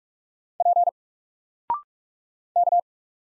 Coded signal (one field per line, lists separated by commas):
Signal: Morse code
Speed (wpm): 45 wpm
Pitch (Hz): 700 Hz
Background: none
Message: P K